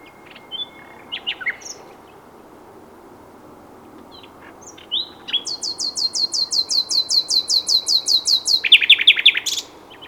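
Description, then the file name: Common nightingale song: a few scattered notes, then a long series of loud repeated whistled notes ending in a rapid harsh trill. "Luscinia megarhynchos"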